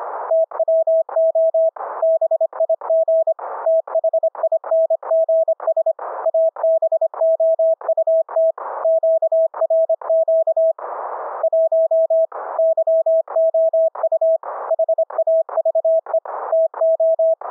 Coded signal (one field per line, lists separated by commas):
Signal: Morse code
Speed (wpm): 25 wpm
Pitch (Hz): 650 Hz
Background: none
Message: TWO BIG THINGS ABOUT QRQ 1 YOU HAVE TO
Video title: REMOTE RIG "audio OVER ip" FULL DUPLEX audio streaming - demo of VOICE and CW - remote laptop to RIG